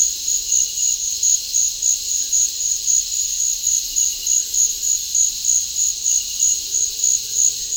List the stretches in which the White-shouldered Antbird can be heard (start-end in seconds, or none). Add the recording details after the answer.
2.29-4.49, 6.69-7.76. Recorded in dense forest near Puerto Asís, Putumayo, Colombia, on 20 February 2024 at 06:30. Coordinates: 0.485, -76.318. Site G6408